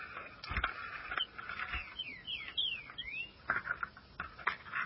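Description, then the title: Green-winged saltator song: a short run of slurred whistled notes, some rising and some falling, over a clicking, rustling background with scattered sharp knocks. "Trinca Ferro"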